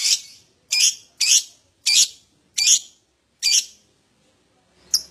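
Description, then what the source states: Lovebird calling with six loud, rasping chirps in quick succession, then a pause and one brief sharp note. Adult lovebird in full, vigorous song (gacor), song style described as "owor owor".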